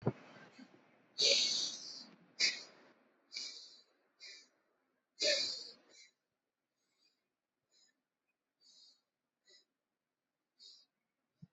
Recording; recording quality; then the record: deep breathing; excellent, no background noise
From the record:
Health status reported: COVID-19 positive, mild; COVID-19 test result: positive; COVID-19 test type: RT-PCR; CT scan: taken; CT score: 5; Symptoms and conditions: cough, cold, muscle pain, ischaemic heart disease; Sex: male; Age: 76 years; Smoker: no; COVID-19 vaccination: both doses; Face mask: not worn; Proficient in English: yes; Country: India